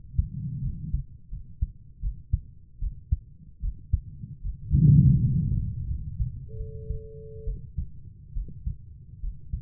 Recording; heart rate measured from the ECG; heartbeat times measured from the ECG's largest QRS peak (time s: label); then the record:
heart sounds by stethoscope; 77 bpm
0.63 s: heartbeat
1.31 s: heartbeat
2.01 s: heartbeat
2.80 s: heartbeat
3.61 s: heartbeat
4.43 s: heartbeat
5.21 s: heartbeat
5.88 s: heartbeat
6.57 s: heartbeat
7.45 s: heartbeat
8.34 s: heartbeat
9.21 s: heartbeat
From the record:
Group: healthy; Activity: rest 0-9 s, breath hold 9-10 s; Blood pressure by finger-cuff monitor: 120/65 mmHg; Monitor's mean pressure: 80 mmHg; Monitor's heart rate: 75 bpm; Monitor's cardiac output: 7.1 L/min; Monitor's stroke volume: 89 mL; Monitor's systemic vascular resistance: 810 dyn s/cm5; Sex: female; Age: 22 years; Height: 160 cm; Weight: 63 kg